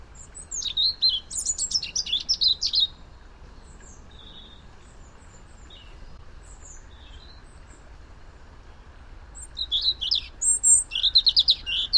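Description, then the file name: European robin song: a long run of high, rapid, jangling notes, several seconds of near silence with a few faint notes, then another bright trilling phrase. "Erithacus rubecula"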